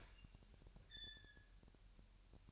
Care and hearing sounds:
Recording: daily activity, microphone in the room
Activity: open fridge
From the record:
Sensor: 2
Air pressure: 1001.8 hPa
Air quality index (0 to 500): 244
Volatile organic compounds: 34 ppm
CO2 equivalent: 3039 ppm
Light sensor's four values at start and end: 8/28/11/10 and 8/28/11/10

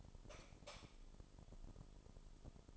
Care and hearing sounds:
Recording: daily activity, microphone in the room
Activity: light off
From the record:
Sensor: 5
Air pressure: 988.5 hPa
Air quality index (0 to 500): 211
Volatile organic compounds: 100 ppm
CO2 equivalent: 3753 ppm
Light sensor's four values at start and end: 47/141/55/59 and 45/135/53/56

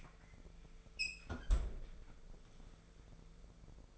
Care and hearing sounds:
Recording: daily activity, microphone in the room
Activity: close fridge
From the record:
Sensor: 5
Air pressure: 1015.0 hPa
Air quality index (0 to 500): 180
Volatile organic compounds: 7 ppm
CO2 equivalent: 1979 ppm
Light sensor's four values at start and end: 51/118/49/52 and 48/110/46/48

